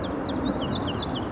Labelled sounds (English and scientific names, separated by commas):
House Finch (Haemorhous mexicanus) song